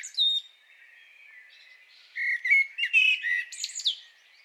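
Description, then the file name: Common blackbird song phrase: a brief high note, then a run of warbled low whistles finishing in a shrill, squeaky twitter. "Turdus merula"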